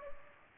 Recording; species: mosquito wingbeat signal from an infrared sensor; Culex pipiens